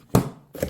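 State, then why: Seated. A removable battery pack is fitted into the body of a U12 Vesla cordless stick vacuum. A sharp, loud click at 0.1 s shows it seating, followed by softer handling noises around 0.6–0.7 s. The battery is clipped in.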